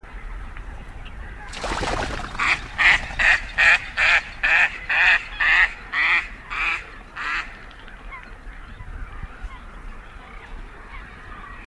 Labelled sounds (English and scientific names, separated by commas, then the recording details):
Mallard (Anas platyrhynchos)
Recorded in the wild
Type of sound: sound during take-off,wing flapping, call
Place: Kützerhof, Kummerower See, Mecklenburg-Vorpommern, DE
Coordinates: 53.85, 12.86
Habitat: wetland
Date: 2010-04-29
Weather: 10°C, weak winds
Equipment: Sound Devices 702, Sennheiser MKH 70, Rycote Windschutz
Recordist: Frommolt, Karl-Heinz
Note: Polder Große Rosin: Rufe einer Stockente beim Abflug